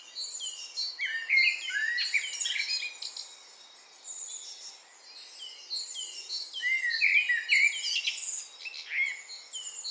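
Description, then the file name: Eurasian blackbird giving short mellow fluted phrases against a busy chorus of high, rapidly repeated notes from other birds. "Turdus merula"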